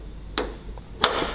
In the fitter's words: so now I going to take this back section here where that cut out is and just push it down till it clicks in